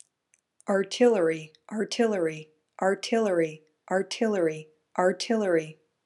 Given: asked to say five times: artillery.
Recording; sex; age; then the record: repeated word; female; 30 to 39 years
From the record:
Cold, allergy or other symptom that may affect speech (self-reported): no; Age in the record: 36 years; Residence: California, United States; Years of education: 20